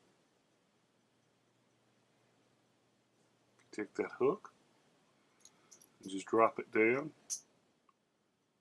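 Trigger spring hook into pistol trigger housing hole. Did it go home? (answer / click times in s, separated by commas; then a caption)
yes / 7.9 s. Someone talks while the hooked end of a Glock NY trigger spring, part of an install with a 3.5 connector, is dropped into the small hole at the bottom of the pistol's trigger assembly. A few faint ticks follow, and a small, sharp snap at 7.9 s marks the spring seating in place.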